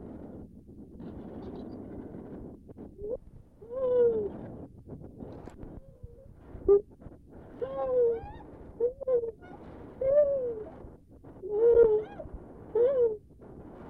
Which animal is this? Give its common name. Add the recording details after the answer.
Lar Gibbon. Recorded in captivity. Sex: pair. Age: adult. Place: Tierpark Berlin, Berlin, DE. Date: 1967-11-18. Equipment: Uher 4200 Report Stereo, Transistorverstärker II, Sennheiser MD 421. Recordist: Tembrock, Günter